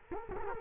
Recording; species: mosquito wingbeat signal from an infrared sensor; Culex quinquefasciatus